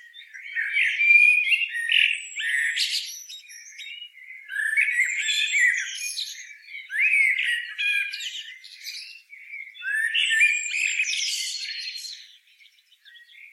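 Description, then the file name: Common blackbird giving a steady series of warbled phrases with scratchy high twitters, one after another with brief breaks. "Turdus merula"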